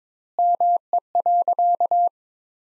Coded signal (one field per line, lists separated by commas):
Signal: Morse code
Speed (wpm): 22 wpm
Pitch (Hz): 700 Hz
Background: none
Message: ME.